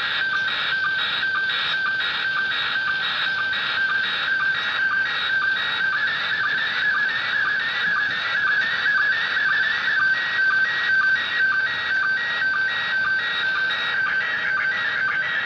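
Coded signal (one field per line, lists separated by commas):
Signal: SSTV (slow-scan television)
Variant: PD120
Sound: continuous warbling, shifting whistle tones broken by short low ticks about twice a second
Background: radio hiss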